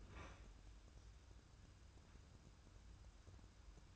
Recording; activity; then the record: daily activity, microphone in the room; open fridge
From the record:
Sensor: 2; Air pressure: 994.3 hPa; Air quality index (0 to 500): 213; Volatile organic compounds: 1000 ppm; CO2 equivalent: 7043 ppm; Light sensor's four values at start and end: 129/308/131/135 and 128/306/130/134